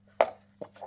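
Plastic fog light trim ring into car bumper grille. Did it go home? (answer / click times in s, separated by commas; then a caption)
yes / 0.2 s. A plastic fog light trim ring is lined up and gently pushed down into a car bumper grille. It snaps back into its clips with a sharp click at 0.2 s. A quieter tap follows at about 0.6 s over a low steady hum.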